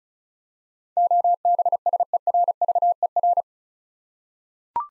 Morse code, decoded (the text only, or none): OBSERVER